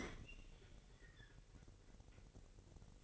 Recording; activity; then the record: daily activity, microphone in the room; open fridge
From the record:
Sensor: 4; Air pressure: 1002.7 hPa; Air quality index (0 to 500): 243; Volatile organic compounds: 18 ppm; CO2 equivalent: 2605 ppm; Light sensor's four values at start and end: 4/10/3/4 and 4/10/4/4